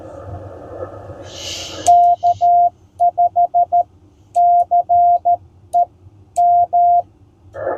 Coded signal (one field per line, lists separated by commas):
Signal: Morse code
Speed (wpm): 13 wpm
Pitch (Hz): 700 Hz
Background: none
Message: K5CE M